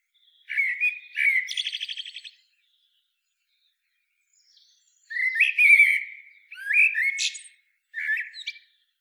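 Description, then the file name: Common blackbird delivering several whistled phrases with rapid trilled, chattering endings, separated by a long quiet gap around the middle. "Turdus merula"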